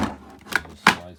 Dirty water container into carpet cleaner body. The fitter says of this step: It slides back in and snaps in place.